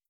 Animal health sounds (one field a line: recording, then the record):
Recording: hydrophone in a shrimp aquaculture tank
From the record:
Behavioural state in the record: starved